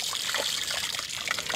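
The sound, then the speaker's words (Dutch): Water trickles and splashes steadily from a small tap opened at the bottom of a plankton net with a 30-micrometre mesh, as the net is left to drain, a continuous bright, fizzy dribbling with no pauses and no talking. “Want je hebt een soort kraantje opengezet aan de onderkant van het net”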